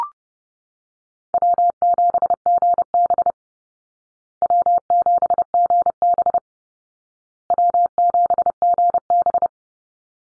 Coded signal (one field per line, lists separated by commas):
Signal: Morse code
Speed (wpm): 30 wpm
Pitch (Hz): 700 Hz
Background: none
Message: W7GB W7GB W7GB